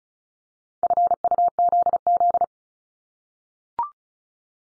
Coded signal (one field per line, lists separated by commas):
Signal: Morse code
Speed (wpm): 36 wpm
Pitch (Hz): 700 Hz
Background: none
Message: FUZZ